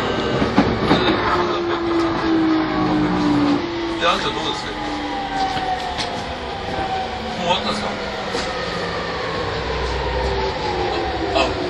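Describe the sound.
A Yamanote Line E231 series train on the outer loop runs with a steady, dense rumble throughout. Motor whines glide slowly downward in pitch as it slows, while sharp rattles and clicks break through around 1, 4, 7.5 and 10 seconds.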